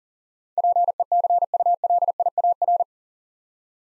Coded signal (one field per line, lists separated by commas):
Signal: Morse code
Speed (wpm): 43 wpm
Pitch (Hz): 700 Hz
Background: none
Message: PECULIAR